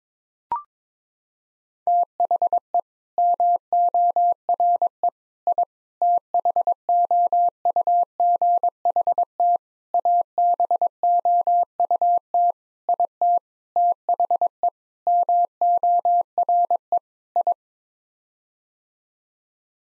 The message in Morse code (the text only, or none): THE MORE I THOUGHT ABOUT IT THE MORE I